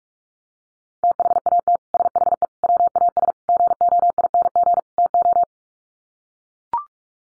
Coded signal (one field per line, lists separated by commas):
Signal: Morse code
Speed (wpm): 44 wpm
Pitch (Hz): 700 Hz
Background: none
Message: THAT SHE WAS GOING TO